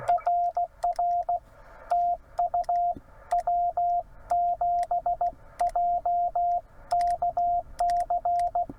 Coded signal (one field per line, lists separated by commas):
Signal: Morse code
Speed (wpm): 16 wpm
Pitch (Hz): 690 Hz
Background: radio noise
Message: RR TU W7JKC